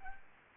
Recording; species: mosquito wingbeat signal from an infrared sensor; Aedes aegypti